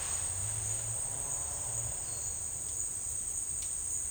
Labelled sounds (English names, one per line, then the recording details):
none
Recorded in dense forest near Puerto Asís, Putumayo, Colombia, on 26 December 2024 at 10:30
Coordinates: 0.485, -76.318
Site GP03